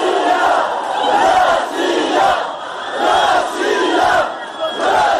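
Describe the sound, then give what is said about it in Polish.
A large crowd of fans in the packed Sochi fan zone roars and cheers after the final whistle of Russia's 3-1 World Cup win over Egypt, a dense, continuous wall of shouting voices that swells and surges in waves without pause. “Po ostatnim gwizdku meczu Rosja-Egipt strefa kibica w Soczi, która była wypełniona do ostatniego miejsca, eksplodowała ze szczęścia.”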